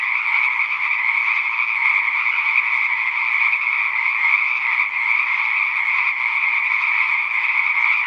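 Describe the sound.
Many frogs croak together, forming a constant rasping hum that never pauses and barely changes in level.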